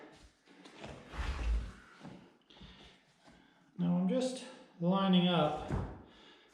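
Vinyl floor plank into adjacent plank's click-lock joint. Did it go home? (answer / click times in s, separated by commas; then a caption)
no / none. A vinyl floor plank is lined up against the click-lock edge of an adjacent plank before being snapped together, with soft handling and scraping sounds while someone talks. No click has happened yet; the planks are only being aligned.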